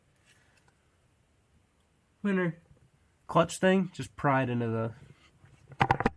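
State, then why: Seated. Someone talks, then a metal throw-out bearing is pried onto the clutch release fork during a right-hand-drive single-turbo Mazda RX-7 engine install. A quick run of sharp clicks follows, with the bearing snapping onto the fork at 5.8 and 5.9 seconds. The bearing is seated.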